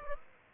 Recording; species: mosquito wingbeat signal from an infrared sensor; Aedes aegypti